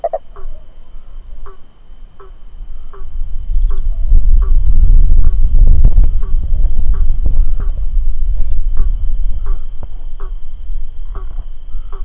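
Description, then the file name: Cururu toad calling, short low knocking pulses repeated at short intervals, with a steady high whine throughout and a heavy rumbling noise building in the middle. "Rhinella icterica"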